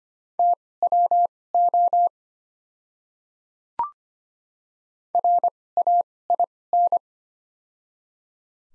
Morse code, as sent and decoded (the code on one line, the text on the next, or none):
- .-- --- / .-. .- .. -.
TWO RAIN